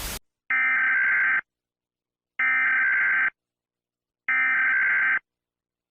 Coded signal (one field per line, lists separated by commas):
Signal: Emergency Alert System (SAME) tones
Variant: header bursts